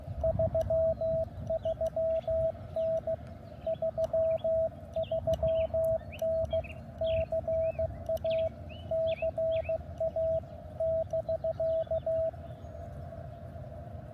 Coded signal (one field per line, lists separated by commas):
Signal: Morse code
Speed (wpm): 16 wpm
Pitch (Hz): 660 Hz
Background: radio noise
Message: 33N 33N CA CA <BK>